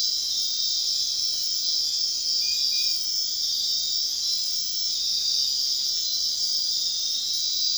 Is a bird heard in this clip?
no